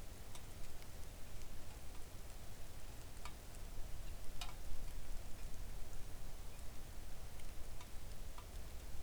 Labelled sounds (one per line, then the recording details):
rain
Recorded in the Arctic National Wildlife Refuge, Alaska, on 3 August 2019 at 05:52
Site 41